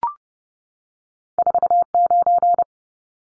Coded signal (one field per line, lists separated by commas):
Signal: Morse code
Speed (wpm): 30 wpm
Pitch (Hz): 700 Hz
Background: none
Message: 49